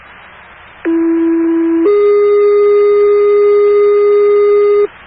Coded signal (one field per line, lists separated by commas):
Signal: two-tone page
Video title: Cities of New Hampshire Structure Fire Tones